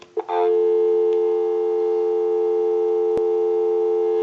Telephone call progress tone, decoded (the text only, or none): dial tone